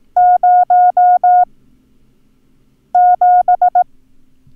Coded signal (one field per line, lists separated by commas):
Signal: Morse code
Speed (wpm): 18 wpm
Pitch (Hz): 720 Hz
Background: none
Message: 07